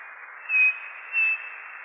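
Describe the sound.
Bird song: a pair of short, even high whistles about half a second apart over continuous background hiss.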